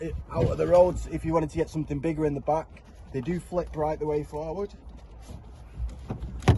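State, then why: Seated. Someone talks while a rear passenger seat in a small van-based camper is flipped right forward and pushed until its latch engages the floor mounting. A sharp click sounds at 6.5 seconds, and the seat is locked into place.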